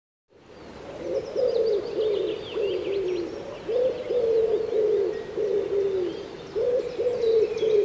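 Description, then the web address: Common Wood Pigeon song of husky low coos in repeated phrases, accompanied by scattered high, sharp chirps. "cianscape birddata Deverinetal 2025 Bird Co Pa Co Pa 1"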